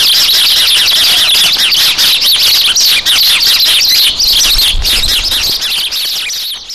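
Sparrows fighting, loud rapid chirps and harsh chatter pouring out almost without pause.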